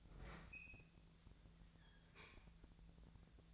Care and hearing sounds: daily activity, microphone in the room; open fridge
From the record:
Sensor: 3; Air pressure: 1009.7 hPa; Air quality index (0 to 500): 192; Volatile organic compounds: 15 ppm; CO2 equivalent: 2499 ppm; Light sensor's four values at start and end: 38/94/40/43 and 38/94/40/43

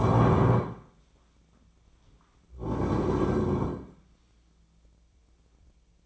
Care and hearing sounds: daily activity, microphone in the room; stand up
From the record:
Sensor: 1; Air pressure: 1009.3 hPa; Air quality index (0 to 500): 177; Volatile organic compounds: 3 ppm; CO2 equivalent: 1495 ppm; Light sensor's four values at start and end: 41/110/45/54 and 39/104/43/51

